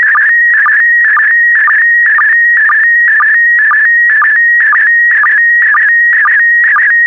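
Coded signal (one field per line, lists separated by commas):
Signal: SSTV (slow-scan television)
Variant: PD120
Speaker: transmission complete you can now check your decoded image against the picture that is shown on the video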